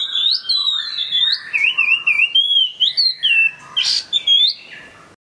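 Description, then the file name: Chinese hwamei delivering bright, wavering whistles and quick rising-falling slurs in a loud, rapid series of phrases. Bird in full song, described as gacor. "audio hwamei gacor. omkicau"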